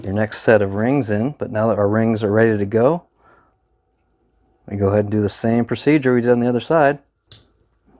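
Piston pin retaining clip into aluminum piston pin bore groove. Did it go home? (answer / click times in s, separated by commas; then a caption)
yes / 7.3 s. Someone talks for most of the clip while working on a custom Ross aluminum piston and rod assembly for a Butler Performance Pontiac short block. At 7.3 s a sharp snap sounds as the first wire-lock piston pin retaining clip on the second side is pushed into its groove in the piston pin bore, and it seats.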